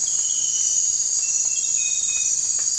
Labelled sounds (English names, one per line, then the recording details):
none
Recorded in dense forest near Puerto Asís, Putumayo, Colombia, on 16 December 2024 at 03:30
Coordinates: 0.468, -76.322
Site G071